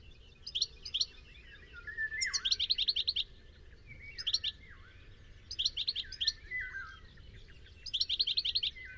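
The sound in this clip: Bird calls in repeated phrases: clusters of quick high chirps mixed with lower falling slurred notes, about five phrases, with a faint low background rumble.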